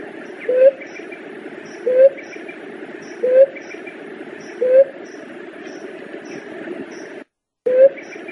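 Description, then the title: Leptotila dove cooing, a short low rising hoot repeated several times, with faint high ticking and steady background hiss. "Juriti"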